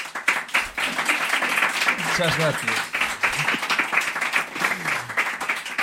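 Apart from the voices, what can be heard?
audience applause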